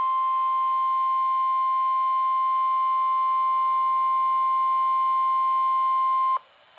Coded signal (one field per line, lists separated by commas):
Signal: Emergency Alert System (SAME) tones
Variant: 1050 Hz attention tone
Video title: EAS Alerts From 6/18/26: A Compilation (EAS 1220-1231)